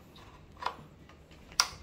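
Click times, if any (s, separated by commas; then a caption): 1.6 s. A fuel hose quick-connector is pushed onto the fuel inlet of a 15 hp outboard engine until it locks. A softer tick comes at about 0.7 s, then a sharp, loud click at 1.6 s as the connector snaps in and is seated.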